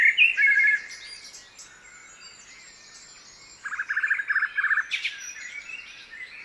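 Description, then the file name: Common blackbird giving a short chirpy phrase, then after a pause a rapid series of clipped, repeated notes, with faint high twittering throughout. "Turdus merula"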